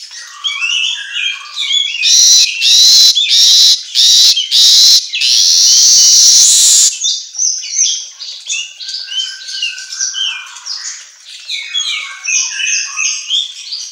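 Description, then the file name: Asian golden weaver chattering song with squeaky twittering notes, interrupted by several harsh hissing bursts, then continuing as a busy high chatter. Track meant for training songbirds to sing eagerly (auto gacor). "Suara Kicau Manyar Kepala Emas Auto Gacor"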